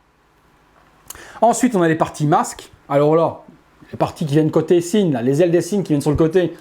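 A Cygnus armor piece of an XCEED x MRC Saint Seiya Cygnus Hyoga collectible resin/PVC statue is fitted into the figure body, giving one short, sharp click at 1.1 s as it seats into place. Someone then talks for the rest of the clip.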